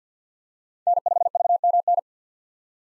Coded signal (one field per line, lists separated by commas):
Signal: Morse code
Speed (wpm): 46 wpm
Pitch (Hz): 700 Hz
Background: none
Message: N5VMN